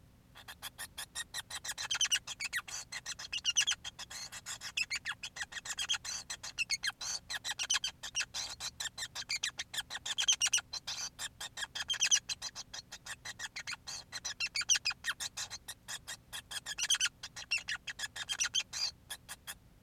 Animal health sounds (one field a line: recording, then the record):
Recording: song of a male Bengalese finch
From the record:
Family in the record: son of father 5